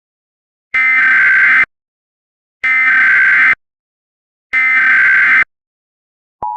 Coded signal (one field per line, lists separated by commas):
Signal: Emergency Alert System (SAME) tones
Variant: header bursts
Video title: Emergency Alert System Scenario #5: "The Wyoming Incident"